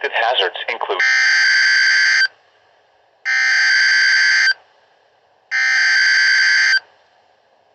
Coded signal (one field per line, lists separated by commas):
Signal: Emergency Alert System (SAME) tones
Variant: header bursts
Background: speech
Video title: TORRENTIAL DARKNESS - EAS Alerts from 5/22/24 #49-51